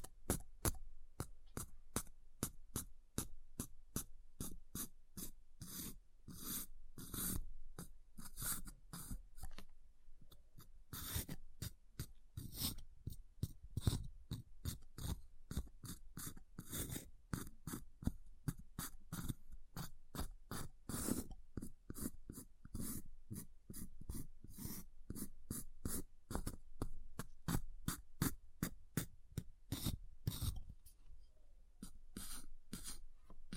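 Rapid, irregular tapping and scratching on ice, dense sharp clicks and scrapes continuing throughout with brief pauses near ten and thirty seconds.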